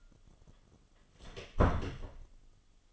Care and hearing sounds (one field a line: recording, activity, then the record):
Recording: daily activity, microphone in the room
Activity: close door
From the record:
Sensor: 4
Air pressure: 1005.7 hPa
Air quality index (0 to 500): 98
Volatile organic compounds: 2 ppm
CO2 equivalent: 1212 ppm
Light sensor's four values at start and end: 13/29/11/11 and 13/30/12/11